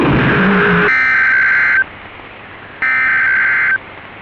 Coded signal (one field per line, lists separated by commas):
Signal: Emergency Alert System (SAME) tones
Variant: header bursts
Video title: 1206 SENTurf Perth Hijack EAS and Voice Decode